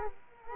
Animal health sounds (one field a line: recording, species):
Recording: mosquito wingbeat signal from an infrared sensor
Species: Culex quinquefasciatus